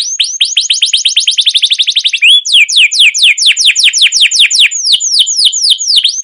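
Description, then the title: Canary song, loud and high: a quick run of repeated sliding notes, followed by slower sweeping whistles and sharp downslurred chirps continuing to the end. Long, continuous rolling canary song in a mastering recording, made for luring and training canaries to sing. "CUIT CUIT NGEROL LANGSUNG GACOR PANJANG Kenari Ini AMPUH Utk Pancingan KENAR. Masteran Suara Burung Kenari Gacor Panjang cuit cuit Ngerol untuk Pancingan Kenari!"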